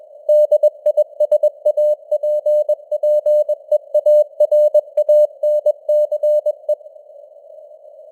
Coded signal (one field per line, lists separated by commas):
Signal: Morse code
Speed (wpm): 21 wpm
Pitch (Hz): 600 Hz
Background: none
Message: DISAPPEARANCE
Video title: Morse Code News | 2025-10-25 | 21wpm